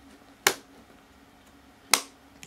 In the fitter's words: you can then proceed to push the memory modules down into place until they click